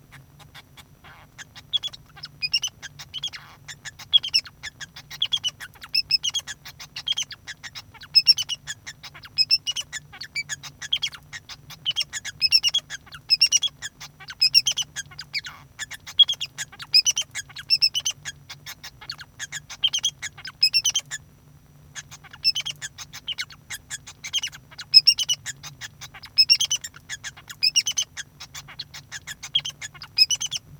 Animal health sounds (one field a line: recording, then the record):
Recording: song of a male Bengalese finch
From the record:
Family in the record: son of father 2